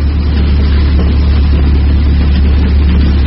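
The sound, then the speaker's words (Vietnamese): A car engine, running far off at first light, drones in a steady, low, rumbling hum that holds an even loudness throughout, with no voices or other sounds over it. “Trời mới tờ mờ sáng, Tư Cầu vừa cho anh em tản ra lội tắt ngang ruộng để về rạch chiếc thì bỗng nghe có tiếng máy xe hơi chạy từ xa vang lại.”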